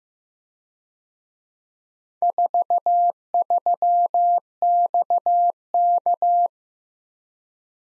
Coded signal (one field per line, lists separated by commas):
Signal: Morse code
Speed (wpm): 18 wpm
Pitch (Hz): 700 Hz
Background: none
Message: 43XK